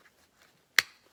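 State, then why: Seated. Harness buckle tongues are pushed together into a child car seat buckle and click in at 0.8 s with one sharp, loud, broadband snap that decays quickly. The buckle is seated; the rest of the clip is near silence.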